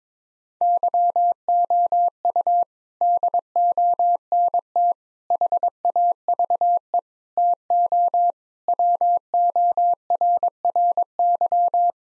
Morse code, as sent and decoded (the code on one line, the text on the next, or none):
-.-- --- ..- / -.. --- -. - / .... .- ...- . / - --- / .-- --- .-. .-. -.--
YOU DONT HAVE TO WORRY